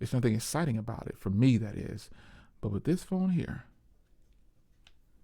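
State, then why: Seated. Someone talks for about the first 3.6 seconds, then the hinge of a OnePlus Open foldable phone is folded or unfolded and snaps into its detent position. It makes a short, faint click at 4.9 s, and the hinge seats in place.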